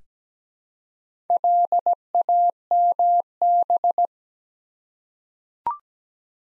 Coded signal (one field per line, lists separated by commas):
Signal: Morse code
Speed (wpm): 17 wpm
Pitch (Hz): 700 Hz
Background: none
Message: LAMB